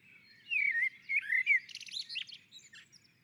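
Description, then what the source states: Common blackbird delivering a smooth, flute-like warble, followed by a burst of high, squeaky twittering notes. Singing on a roof.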